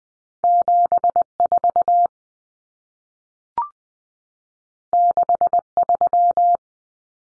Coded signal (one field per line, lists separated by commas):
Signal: Morse code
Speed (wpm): 20 wpm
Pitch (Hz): 700 Hz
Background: none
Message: 74 63